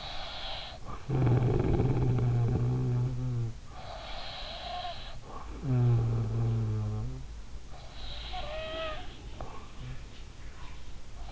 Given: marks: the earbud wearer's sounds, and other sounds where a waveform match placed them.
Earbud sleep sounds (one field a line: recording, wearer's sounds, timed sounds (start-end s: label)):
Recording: sounds in sleep by an in-ear microphone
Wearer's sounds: snoring breath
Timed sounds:
0.00-11.32 s: snoring breath